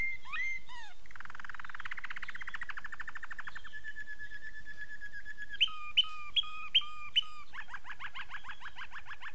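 Domestic canary song: a few looping notes, a quick buzzy trill, a long flat whistle, five bright chirps, then a fast rattling trill.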